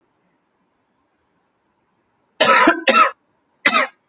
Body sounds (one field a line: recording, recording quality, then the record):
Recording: shallow voluntary cough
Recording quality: excellent, no background noise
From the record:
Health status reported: healthy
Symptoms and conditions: none ticked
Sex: male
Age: 25 years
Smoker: not ticked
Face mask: not worn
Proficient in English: yes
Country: India